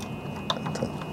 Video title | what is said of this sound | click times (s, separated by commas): Reseating Power supply connections | you go feel the latch grab on right there make sure everything is seated | 0.5 s